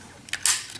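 On a transforming robot toy, the second plastic leg panel is folded inward and pushed until it locks. Two small plastic ticks at about 0.3 s lead into a sharp, bright click at 0.5 s, and the panel is seated in place.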